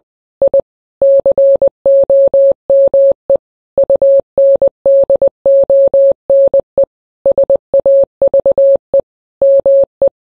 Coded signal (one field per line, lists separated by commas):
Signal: Morse code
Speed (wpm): 20 wpm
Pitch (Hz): 550 Hz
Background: none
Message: I COME UNDONE SAVE ME